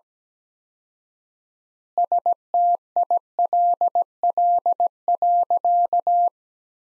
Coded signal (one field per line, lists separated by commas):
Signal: Morse code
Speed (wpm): 17 wpm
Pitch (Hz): 700 Hz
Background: none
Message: STILL.